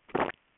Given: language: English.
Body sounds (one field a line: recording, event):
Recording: throat vibration sensor signal played as sound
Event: swallow